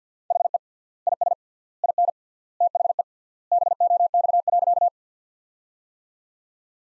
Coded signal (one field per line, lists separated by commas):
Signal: Morse code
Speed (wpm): 45 wpm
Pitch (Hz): 700 Hz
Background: none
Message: HE IS IN THE BOX.